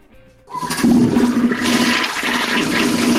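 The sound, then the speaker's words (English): A toilet flushes with a sudden loud whoosh of rushing water that swirls and gurgles steadily, then begins to settle, with no voices over it. “Oh my gosh, 4D flush.”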